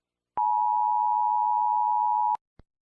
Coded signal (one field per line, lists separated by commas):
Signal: Emergency Alert System (SAME) tones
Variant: 853 and 960 Hz attention tone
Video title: EAS Scenario - The Eclipse